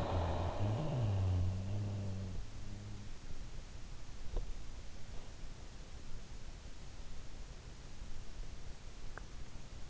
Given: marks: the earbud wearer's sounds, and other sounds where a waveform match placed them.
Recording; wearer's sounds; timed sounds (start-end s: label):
sounds in sleep by an in-ear microphone; snoring breath
0.00-2.90 s: snoring breath